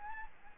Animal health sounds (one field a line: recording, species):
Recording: mosquito wingbeat signal from an infrared sensor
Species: Aedes albopictus